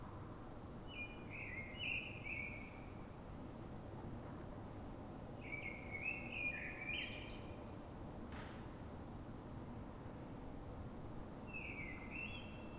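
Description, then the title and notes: Common blackbird song: three fluty phrases spaced by pauses, with a steady low roar of city noise underneath. Urban blackbird singing in Fuenlabrada, Madrid, Spain; city blackbirds sing before dawn so other blackbirds hear them before human noise begins; called a reclamo; recorded with Zoom H1n. "Pl. de Francisco Escolar, 10, 28944 Fuenlabrada, Madrid, España - Sonido Reclamo de Mirlo. Mirlo cantando, es un sonido de reclamo"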